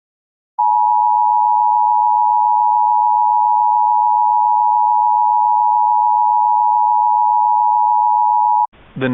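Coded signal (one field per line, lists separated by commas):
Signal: Emergency Alert System (SAME) tones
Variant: 853 and 960 Hz attention tone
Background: speech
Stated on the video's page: Recreated EAS Severe Thunderstorm Warning, a remake of a real warning for Webb County, Texas.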